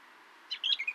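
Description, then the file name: Eurasian blackcap: a brief burst of high chirped notes in the second half, a few quick sharp tweets after a quiet start. "Sylvia atricapilla"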